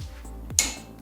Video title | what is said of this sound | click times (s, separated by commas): HOW TO REPLACE FRONT BRAKE PADS AND DISC ROTORS ON HYUNDAI ELANTRA | we're going to get it tight now you hear the click okay | 0.6 s